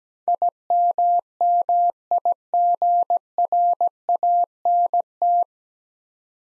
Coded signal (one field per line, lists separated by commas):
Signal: Morse code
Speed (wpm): 17 wpm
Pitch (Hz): 700 Hz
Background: none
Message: IMMIGRANT